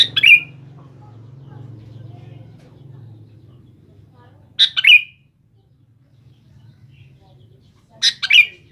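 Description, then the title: Sooty-headed bulbul song: a brisk, chortling phrase given three times, spaced several seconds apart, with a low hum in the background. "Kutilang"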